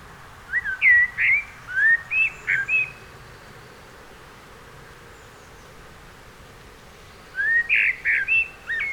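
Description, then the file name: Eurasian blackbird pouring out a run of mellow whistled notes, then a long quiet gap before another whistled phrase. "Turdus merula"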